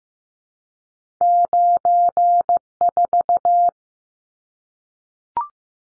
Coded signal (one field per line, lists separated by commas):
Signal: Morse code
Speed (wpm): 15 wpm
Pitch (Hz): 700 Hz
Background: none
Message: 94